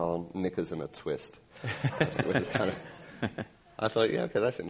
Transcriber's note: laughter